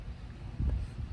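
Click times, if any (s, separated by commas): 0.7 s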